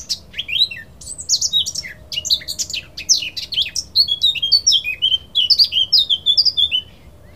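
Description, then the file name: Eurasian blackcap song: hurried, varied warbling of sharp high chirps and slurred notes running for several seconds over a steady low hum. "Sylvia atricapilla"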